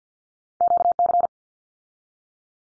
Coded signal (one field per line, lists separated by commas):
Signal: Morse code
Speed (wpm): 50 wpm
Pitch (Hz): 700 Hz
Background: none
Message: QC